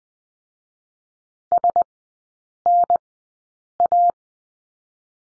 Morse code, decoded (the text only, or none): S N A